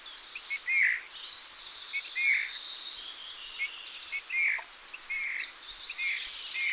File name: Pyrrhula pyrrhula